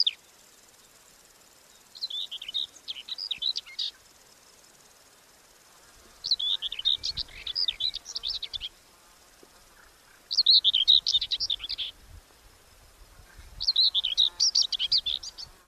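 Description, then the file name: Common whitethroat song: four short scratchy, chattering phrases of about two seconds each, separated by pauses of similar length. "mezei-poszáta-hangja"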